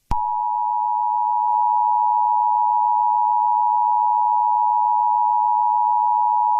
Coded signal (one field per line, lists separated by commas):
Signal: Emergency Alert System (SAME) tones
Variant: 853 and 960 Hz attention tone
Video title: LOUISIANA’S FIRST (EAS scenario) (VALID TONES)